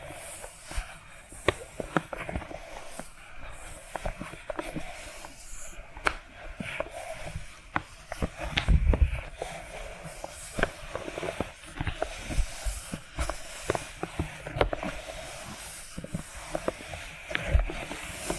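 Tapping and scratching sounds run throughout, with sharp, irregular taps landing every second or so over a constant bright, hissy scraping. A heavier knock comes near nine seconds and another around seventeen, and the texture stays dense and busy from start to finish.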